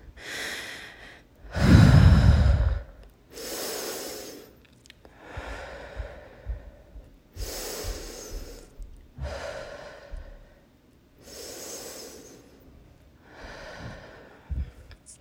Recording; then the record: deep breathing after running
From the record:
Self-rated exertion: moderate exertion (3 of 6); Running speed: 5 miles an hour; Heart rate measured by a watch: 144 beats a minute at the start, 141 at the end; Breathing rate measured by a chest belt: 9 breaths a minute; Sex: female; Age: 18 years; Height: 171 cm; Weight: 75 kg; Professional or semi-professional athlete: no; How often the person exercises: 1 to 2 times a week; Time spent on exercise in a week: under 1 hour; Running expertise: no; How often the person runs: 1 to 2 times a week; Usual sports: running, fencing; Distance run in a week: 3 km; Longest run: 21.3 km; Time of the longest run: 190 minutes